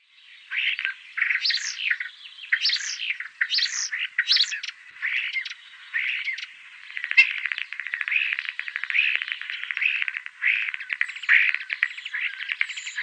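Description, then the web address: Common starling song, mixing looping whistled notes with fast clicking rattles and buzzy chatter that runs on almost without a break. "Schulze Peter European Starling song"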